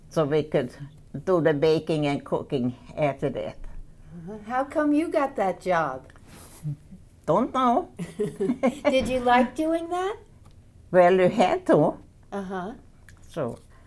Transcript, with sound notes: so we could do the baking and cooking after that.
How come you got that job?
Don't know. (they laugh)
Did you like doing that?
Well, you had to.
Uh-huh.
So.